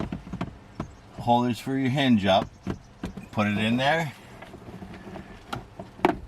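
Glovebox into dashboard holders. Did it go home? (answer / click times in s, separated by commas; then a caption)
yes / 6.1 s. While replacing the cabin air filter in a Subaru (Crosstrek, Forester, Impreza, WRX STi), the plastic glovebox is pushed back up onto its holders in the dashboard as someone talks, with faint taps in the background. A sharp snap at 6.1 s marks the glovebox locking back into place, fully seated.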